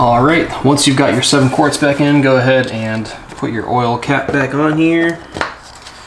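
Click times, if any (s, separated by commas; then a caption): none. A plastic oil filler cap is being handled on the engine valve cover of a BMW 335i (F30) after seven quarts of oil have been refilled, while someone talks. A sharp hit is heard near 5.4 s, but the cap has not clicked into place or seated yet.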